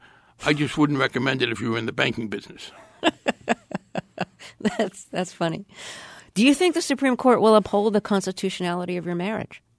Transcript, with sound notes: I just wouldn't recommend it if you are in the banking business.
(Laughter). That's funny. Do you think the Supreme Court will uphold the constitutionality of your marriage?